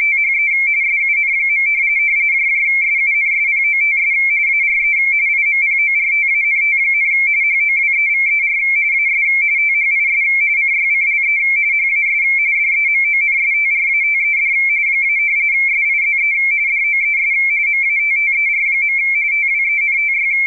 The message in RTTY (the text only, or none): THE SUN. SUNSPOTS ARE IMPORTANT, HOWEVER AS THIS CYCLE HAS DEMONSTRATED - SIZE DOES MATTER. TWENTY